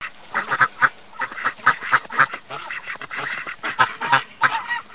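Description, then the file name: Ducks quacking in a busy chorus, short nasal calls overlapping and repeating rapidly throughout, several birds calling at once. "ducks patos"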